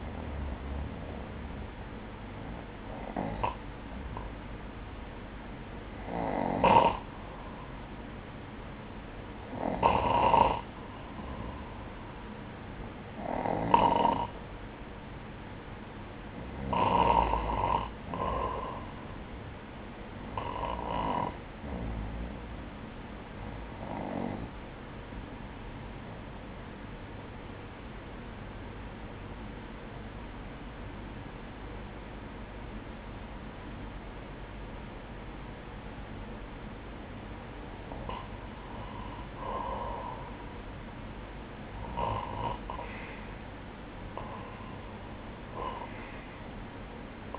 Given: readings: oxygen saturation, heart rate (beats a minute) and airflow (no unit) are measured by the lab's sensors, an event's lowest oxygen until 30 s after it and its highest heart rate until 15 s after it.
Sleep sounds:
breathing in sleep by a voice recorder at the bedside; 1
26.00-39.30 s: obstructive apnea (N1, oxygen 95% highest, then 93% lowest, heart rate 58 at the start, 62 highest)
From the record:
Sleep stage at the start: N1 (lightest sleep); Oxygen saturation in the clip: 95 to 96%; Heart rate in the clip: 53 to 61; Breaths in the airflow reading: 12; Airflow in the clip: -10.1 to 6.8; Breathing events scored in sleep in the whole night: 180 in 6.7 hours asleep

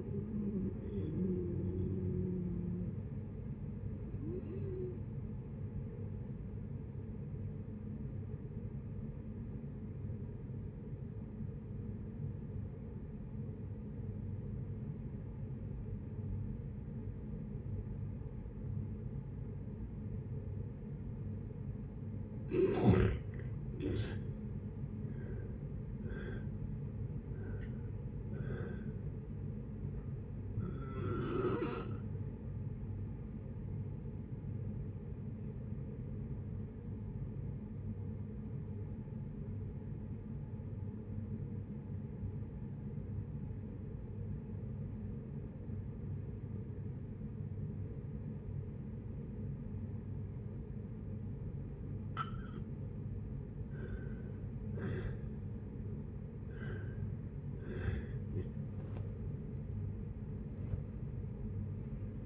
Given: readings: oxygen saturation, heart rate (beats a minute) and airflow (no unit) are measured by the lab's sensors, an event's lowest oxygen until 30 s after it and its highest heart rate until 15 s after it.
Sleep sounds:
breathing in sleep by a smartphone at the bedside; 2
7.00-22.20 s: obstructive apnea (N2, oxygen 96% highest, then 81% lowest, heart rate 58 at the start, 73 highest)
25.00-62.26 s: new sleep stage, N1 (lightest sleep)
36.00-54.40 s: obstructive apnea (N1, oxygen 95% highest, then 81% lowest, heart rate 61 at the start, 81 highest)
From the record:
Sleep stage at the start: N2 (light sleep); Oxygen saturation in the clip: 81 to 96%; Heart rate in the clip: 56 to 80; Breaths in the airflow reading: 9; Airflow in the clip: -13.3 to 16.4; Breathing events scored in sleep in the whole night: 496 in 5.4 hours asleep

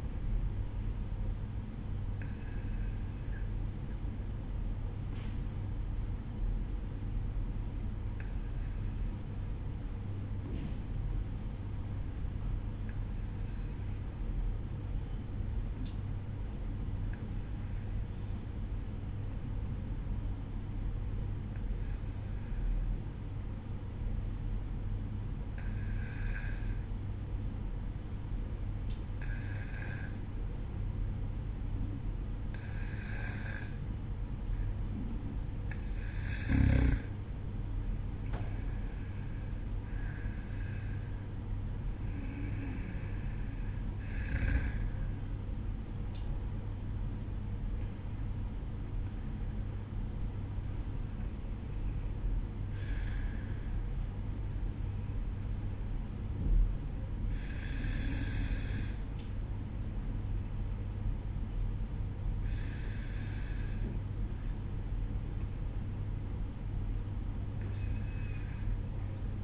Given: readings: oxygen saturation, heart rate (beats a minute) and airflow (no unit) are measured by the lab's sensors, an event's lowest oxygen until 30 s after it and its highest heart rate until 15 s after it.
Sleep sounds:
breathing in sleep by a smartphone at the bedside; 1
5.00-35.70 s: hypopnea (N2, oxygen 96% highest, then 92% lowest, heart rate 52 at the start, 61 highest)
43.00-69.44 s: new sleep stage, N1 (lightest sleep)
From the record:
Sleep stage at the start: N2 (light sleep); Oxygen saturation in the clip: 92 to 96%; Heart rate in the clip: 52 to 61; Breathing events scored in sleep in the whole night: 305 in 9.6 hours asleep

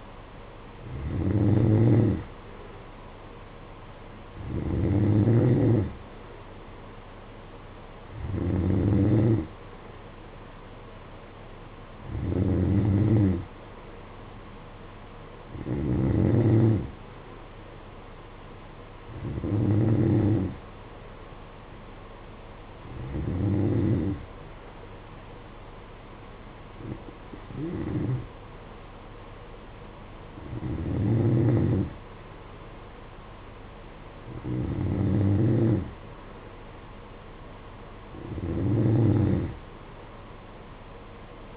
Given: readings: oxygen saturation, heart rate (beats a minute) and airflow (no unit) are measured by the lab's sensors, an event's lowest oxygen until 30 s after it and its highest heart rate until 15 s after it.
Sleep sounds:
breathing in sleep by a voice recorder at the bedside; none
none scored
From the record:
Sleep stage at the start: N2 (light sleep); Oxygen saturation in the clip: 91 to 92%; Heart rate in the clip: 53 to 60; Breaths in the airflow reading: 11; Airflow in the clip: -9.3 to 6.0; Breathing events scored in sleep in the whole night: 476 in 9.7 hours asleep

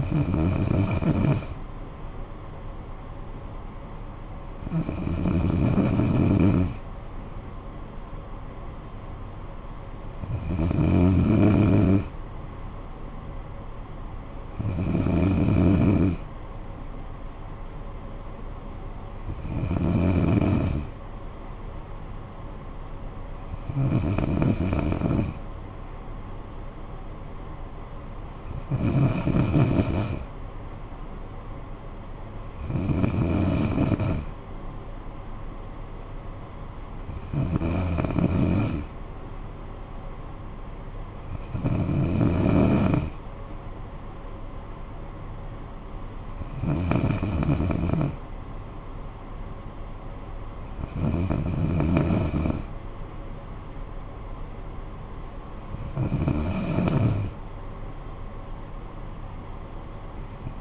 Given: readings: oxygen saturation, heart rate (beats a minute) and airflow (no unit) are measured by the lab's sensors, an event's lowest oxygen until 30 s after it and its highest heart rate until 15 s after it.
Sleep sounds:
breathing in sleep by a smartphone at the bedside; none
28.00-60.61 s: new sleep stage, N2 (light sleep)
From the record:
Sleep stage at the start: N3 (deep sleep); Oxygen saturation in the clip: 94 to 95%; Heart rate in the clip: 55 to 62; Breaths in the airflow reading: 13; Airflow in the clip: -10.0 to 5.9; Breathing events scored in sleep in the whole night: 445 in 7.6 hours asleep

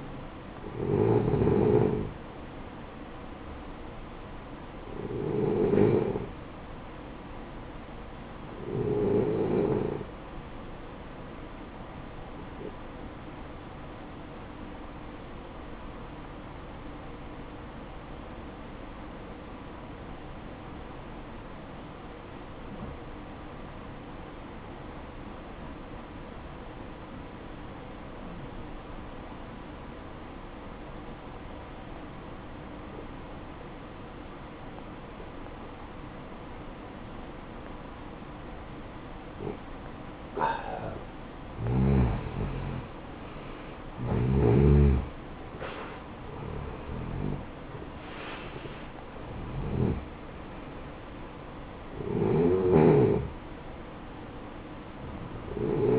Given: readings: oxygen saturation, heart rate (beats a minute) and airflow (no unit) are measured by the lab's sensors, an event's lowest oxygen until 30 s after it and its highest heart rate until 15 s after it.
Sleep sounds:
breathing in sleep by a voice recorder at the bedside; 1
18.00-42.30 s: obstructive apnea (N1, oxygen 94% highest, then 88% lowest, heart rate 59 at the start, 70 highest)
From the record:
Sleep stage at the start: N1 (lightest sleep); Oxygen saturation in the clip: 87 to 94%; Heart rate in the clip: 54 to 70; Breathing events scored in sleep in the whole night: 573 in 9.8 hours asleep

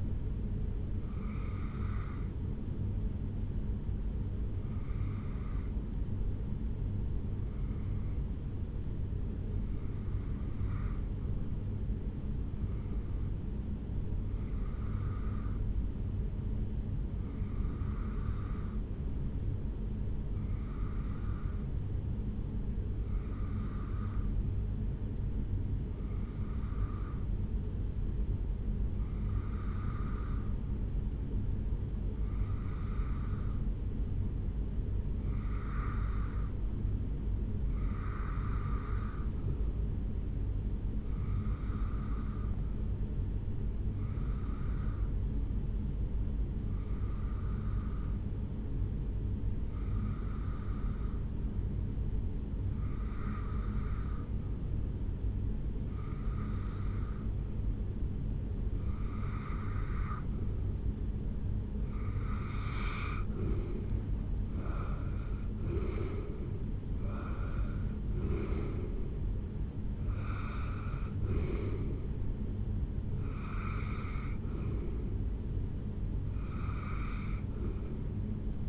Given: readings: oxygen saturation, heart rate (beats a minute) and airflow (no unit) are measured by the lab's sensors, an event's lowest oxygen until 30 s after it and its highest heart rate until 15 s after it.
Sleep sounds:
breathing in sleep by a smartphone at the bedside; 1
5.00-32.30 s: hypopnea (REM, oxygen 96% highest, then 85% lowest, heart rate 68 at the start, 70 highest)
From the record:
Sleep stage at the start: REM sleep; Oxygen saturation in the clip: 82 to 96%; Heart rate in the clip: 65 to 79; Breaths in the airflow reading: 25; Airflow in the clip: -9.7 to 5.9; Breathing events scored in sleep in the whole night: 449 in 7.0 hours asleep

